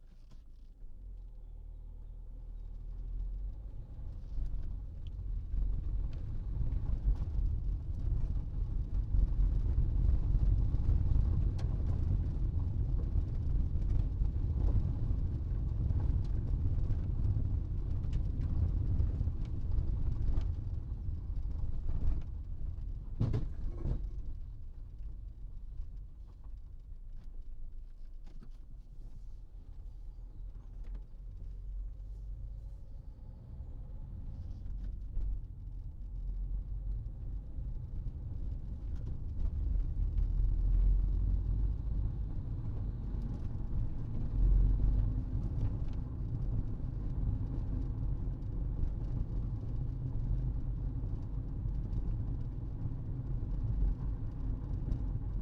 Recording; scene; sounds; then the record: everyday scene through a hearing-aid microphone; in a vehicle; engine, rumble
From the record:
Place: Berlingo II, diesel engine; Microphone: in the ear canal, right